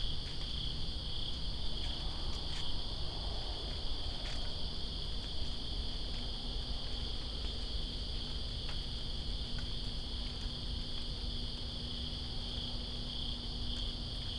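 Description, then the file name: Crickets keep up a continuous shrill chorus as rain patters below, with occasional sharp drip clicks. Crickets recorded in rain, Greensboro, 2 September 2017. "Greensboro Crickets And Rain-2017-09-02"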